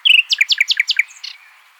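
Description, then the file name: Common nightingale song: a quick run of short notes, then a series of sharp, repeated chirping notes and a short final flourish that fades out. "Luscinia megarhynchos"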